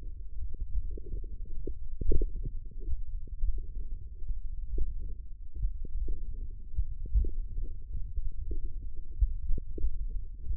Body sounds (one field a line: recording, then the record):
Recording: forearm muscle sounds (acoustic myography)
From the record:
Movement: thumb flexion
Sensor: system 1, eight BSWA MPA416 microphones around the upper forearm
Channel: 6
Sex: female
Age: 22 years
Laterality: right